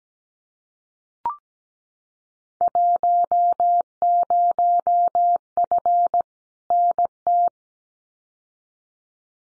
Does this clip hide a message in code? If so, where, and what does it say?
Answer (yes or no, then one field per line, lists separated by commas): yes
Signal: Morse code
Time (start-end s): 2.6-7.5 s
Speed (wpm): 17 wpm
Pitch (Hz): 700 Hz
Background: none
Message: 10F NT